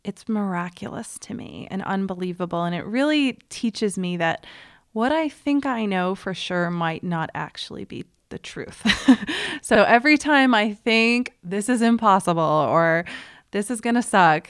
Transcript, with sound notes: It's miraculous to me and unbelievable and it really teaches me that what I think I know for sure might not actually be the truth. [chuckles] Every time I think, "This is impossible or this is going to suck,"